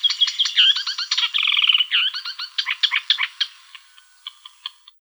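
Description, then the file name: Thick-billed warbler singing a rapid, varied chatter of harsh and whistled notes, slowing into spaced clicks before stopping. "Kamyshovka tolstokljuvaja"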